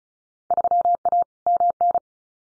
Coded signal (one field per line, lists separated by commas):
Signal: Morse code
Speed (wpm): 36 wpm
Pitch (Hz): 700 Hz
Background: none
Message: 3A MN